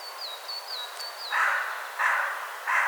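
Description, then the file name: Carrion crow giving three harsh caws, preceded by another bird's repeated high, slurred whistles at the start. "Corvus corone"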